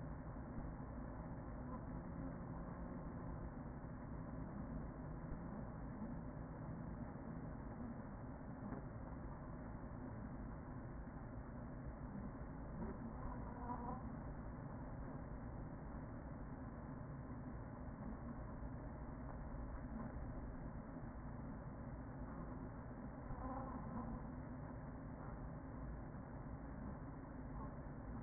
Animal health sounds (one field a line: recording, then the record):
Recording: honeybee colony, microphone inside the hive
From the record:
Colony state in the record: queen present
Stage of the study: after two queens were removed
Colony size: about 40,000 bees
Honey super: no